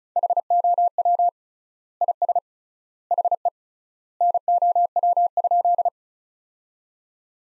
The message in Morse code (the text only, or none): HOW IS HE NOW?